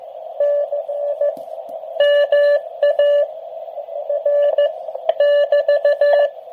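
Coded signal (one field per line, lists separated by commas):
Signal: Morse code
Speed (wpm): 14 wpm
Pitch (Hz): 580 Hz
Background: radio noise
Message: NI MA R <BT>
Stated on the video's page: QRP contact using a portable uSDX 8-band SDR transceiver.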